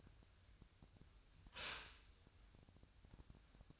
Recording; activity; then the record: daily activity, microphone in the room; stop toaster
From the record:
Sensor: 2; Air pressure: 1001.8 hPa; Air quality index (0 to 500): 245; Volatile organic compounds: 36 ppm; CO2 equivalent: 3087 ppm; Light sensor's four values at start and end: 10/31/12/12 and 10/31/12/12